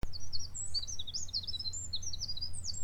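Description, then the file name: Eurasian wren singing a rapid, high-pitched run of tumbling, twittering notes that pours on without a break, over a steady low hum. "Troglodytes troglodytes"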